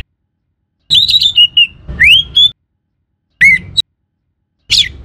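Orange-headed thrush giving brief clear whistles, one sweeping upward, in short scattered snatches with silence between them.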